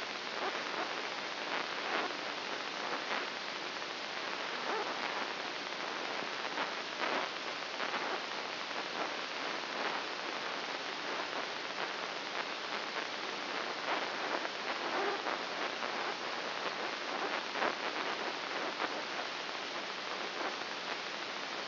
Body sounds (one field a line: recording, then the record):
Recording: brain microelectrode recording played as sound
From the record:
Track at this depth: inside the subthalamic nucleus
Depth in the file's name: 4.401 mm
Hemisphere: right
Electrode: 2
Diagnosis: Parkinson's disease